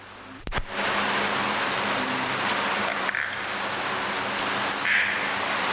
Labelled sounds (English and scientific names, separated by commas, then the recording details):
Clouded Leopard (Neofelis nebulosa)
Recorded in captivity
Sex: female
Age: adult
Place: Zoo Leipzig, Sachsen, DE
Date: 1984-01-30 12:35
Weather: bedeckt, 3°C
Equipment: Nagra SN, Kopie Uher Report Monitor
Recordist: Tembrock, Günter